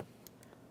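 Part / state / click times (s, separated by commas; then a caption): wiring harness connector into courtesy light housing / seated / 0.3 s. On a 2004-2015 Nissan Titan, the door wiring harness connector is slid onto the back of the new door panel courtesy light housing. It gives a sharp, bright click at 0.3 s, followed by a few fainter ticks, as it locks in place. The connector is seated and secure.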